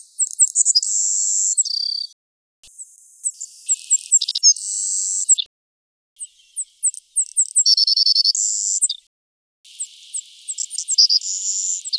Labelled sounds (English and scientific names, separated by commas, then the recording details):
Savannah Sparrow (Passerculus sandwichensis) song
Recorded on Kent Island, New Brunswick, in 2008